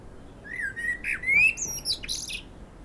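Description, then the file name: Common blackbird singing a mellow whistled phrase that climbs in pitch, followed by a shrill, scratchy twitter at the end. "Turdus merula"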